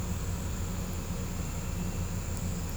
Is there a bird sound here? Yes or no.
no